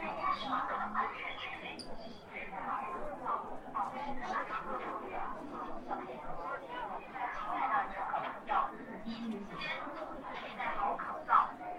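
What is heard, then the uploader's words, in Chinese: Crowd chatter at Hongya Cave in Chongqing, many overlapping voices forming a dense steady murmur with brief louder calls, one near the end. 重庆洪崖洞。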